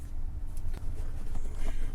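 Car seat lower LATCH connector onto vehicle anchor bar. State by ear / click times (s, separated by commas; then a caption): not seated / none. Someone reaches behind a Diono Radian 3RXT car seat in a Tesla Model 3 to clip its second lower LATCH connector onto the vehicle anchor bar. Low rumbling handling noise is heard, with brief sharp taps near 0.6 s and 0.8 s. Nothing has seated or clicked yet.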